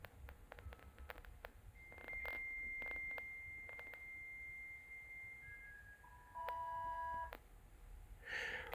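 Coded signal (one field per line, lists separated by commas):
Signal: dial-up modem handshake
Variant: V.21 300 baud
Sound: clicks, a long steady high answer tone, warbling two-tone data, then a burst of hiss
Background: line clicks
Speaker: Take also note of the fact that this time I turned off the bell 103 setting and returned it to V21 setting by saying ATB0 rather than ATB1.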